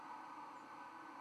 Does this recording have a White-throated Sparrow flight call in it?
no